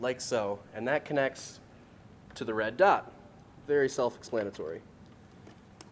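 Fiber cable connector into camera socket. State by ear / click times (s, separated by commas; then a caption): seated / 5.8 s. A fiber cable connector, its red line aligned to the red dot on the camera, is pushed into the camera socket while someone talks. A short, sharp click sounds at 5.8 s as the connector seats onto the camera.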